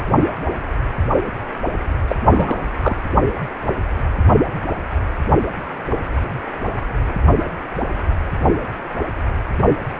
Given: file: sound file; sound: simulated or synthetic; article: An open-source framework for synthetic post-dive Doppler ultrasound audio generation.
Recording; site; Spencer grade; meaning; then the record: Doppler ultrasound audio after a dive; precordial; 1; Occasional bubble signal discernible with the cardiac motion signal, with majority of cardiac periods free of bubbles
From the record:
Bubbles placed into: partial cardiac cycles